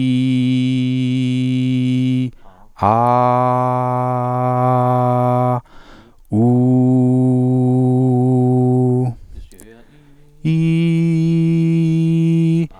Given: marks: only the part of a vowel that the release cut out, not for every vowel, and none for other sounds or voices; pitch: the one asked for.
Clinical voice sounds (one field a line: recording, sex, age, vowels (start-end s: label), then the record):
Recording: sustained vowels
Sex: male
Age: 40 to 49 years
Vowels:
0.00-1.99 s: vowel /i/, normal pitch
3.31-5.27 s: vowel /a/, normal pitch
6.67-8.64 s: vowel /u/, normal pitch
10.60-12.55 s: vowel /i/, high pitch
From the record:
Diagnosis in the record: functional dysphonia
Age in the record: 40 years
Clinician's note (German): Tendenz zur "Kontaktpachydermie", asymmetrischer Kehlkopf